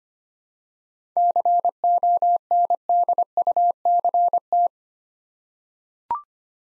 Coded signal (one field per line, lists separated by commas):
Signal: Morse code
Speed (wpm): 25 wpm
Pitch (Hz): 700 Hz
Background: none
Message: CONDUCT